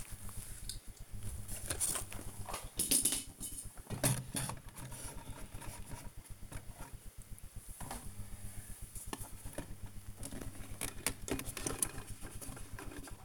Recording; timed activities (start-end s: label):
household activities, microphone on the right wrist
0.00-13.25 s: dusting model cars